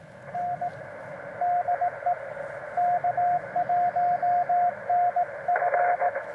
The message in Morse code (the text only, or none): N DE K1NF